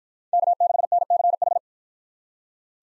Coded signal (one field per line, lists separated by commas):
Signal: Morse code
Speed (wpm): 53 wpm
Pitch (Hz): 700 Hz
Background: none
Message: K6NCH